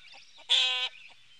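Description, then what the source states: Chicken: hen giving one drawn-out, harmonic-rich squawk of under half a second, with faint soft clucks before and after. Hens cackling.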